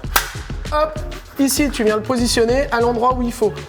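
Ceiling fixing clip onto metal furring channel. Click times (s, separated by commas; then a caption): 0.2 s. A ceiling-fixing clip for a heating/cooling ceiling system is pushed onto a drywall metal furring channel and snaps on with a sharp click at 0.2 s. It seats on the channel. Someone talks while music plays in the background.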